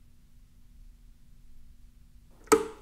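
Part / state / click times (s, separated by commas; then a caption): pump head onto peristaltic pump motor base / seated / 2.5 s. The head of a New Era PeriPump (NE-9000) peristaltic pump is lined up with the tabs on the motor base and pressed down onto it. After a faint low hum, a single sharp knock sounds at 2.5 s and fades quickly. The pump head is seated on the motor base.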